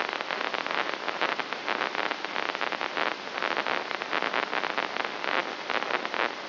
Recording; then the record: brain microelectrode recording played as sound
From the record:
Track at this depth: outside the subthalamic nucleus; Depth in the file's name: 2.536 mm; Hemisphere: left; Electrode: 3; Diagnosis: Parkinson's disease